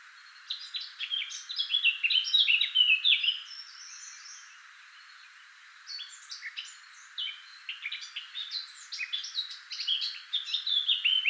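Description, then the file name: Eurasian blackcap singing two rapid, varied warbling phrases separated by a short pause with a faint thin whistle. "Sylvia atricapilla"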